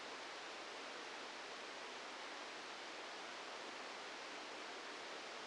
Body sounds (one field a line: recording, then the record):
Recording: brain microelectrode recording played as sound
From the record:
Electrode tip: outside the subthalamic nucleus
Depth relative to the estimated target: 3 mm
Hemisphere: left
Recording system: NeuroSet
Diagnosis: Parkinson's disease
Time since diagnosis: 9 years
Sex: male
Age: 61 years